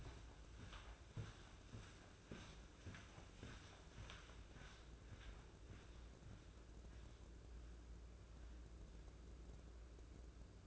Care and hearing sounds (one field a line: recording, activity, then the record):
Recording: daily activity, microphone in the room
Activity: walk to room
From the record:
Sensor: 2